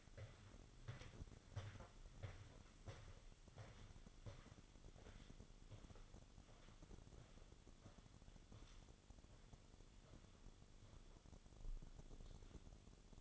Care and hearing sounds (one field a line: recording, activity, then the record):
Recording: daily activity, microphone in the room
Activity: walk to room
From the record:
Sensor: 4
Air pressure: 1008.9 hPa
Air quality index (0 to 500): 143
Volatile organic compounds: 2 ppm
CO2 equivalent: 1036 ppm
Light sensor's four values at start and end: 11/25/10/9 and 13/30/12/11